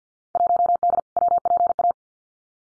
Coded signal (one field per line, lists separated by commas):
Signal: Morse code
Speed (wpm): 50 wpm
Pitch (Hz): 700 Hz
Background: none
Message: 1D WPA